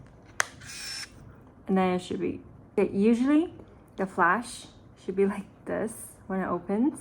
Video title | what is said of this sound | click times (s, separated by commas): YOUR beginners' GUIDE & REVIEW on the CANON PRIMA SUPER 28N (AUTOBOY) 🥨 sample photos included | So basically, to turn it on, you just slide it open until you hear like this little click here, | 0.4 s